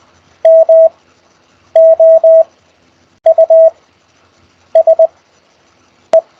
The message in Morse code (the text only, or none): MOUSE